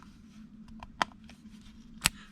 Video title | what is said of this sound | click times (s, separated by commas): How to replace a 2015 Ford C Max 4 Button Remote Head Key Battery | You'll hear it snap. | 1.0 s, 2.1 s